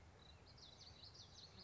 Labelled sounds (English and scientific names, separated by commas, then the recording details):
Common Yellowthroat (Geothlypis trichas)
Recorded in Sonoma County, California